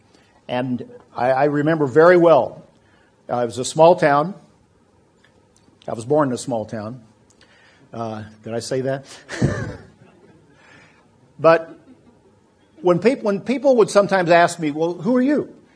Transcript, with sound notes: and I remember very well, it was a small town. I was born in a small town. Did I say that? [laughter] But when people would sometimes ask me, “Who are you?”